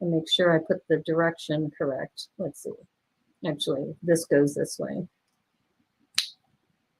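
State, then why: Seated. Someone talks while orienting a plastic construction-toy leg piece with pins and 1x2 parts on a robot figure, then presses it home onto the robot leg assembly. A short, sharp snap is heard at 6.2 s as the piece seats.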